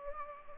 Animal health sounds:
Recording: mosquito wingbeat signal from an infrared sensor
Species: Anopheles gambiae

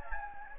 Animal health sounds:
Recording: mosquito wingbeat signal from an infrared sensor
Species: Anopheles gambiae

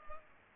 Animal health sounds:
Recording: mosquito wingbeat signal from an infrared sensor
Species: Culex pipiens

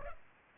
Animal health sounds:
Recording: mosquito wingbeat signal from an infrared sensor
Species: Culex pipiens

